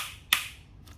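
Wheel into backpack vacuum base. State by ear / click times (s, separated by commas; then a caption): seated / 0.3 s, 0.9 s. A plastic wheel is pushed onto the base of a Pacvac Glide 300 backpack vacuum until it clips in. A sharp, loud click sounds at 0.3 s and a second, much fainter click follows at 0.9 s. The two clicks confirm the wheel is seated; it must clip in, or it will be lost on the next job.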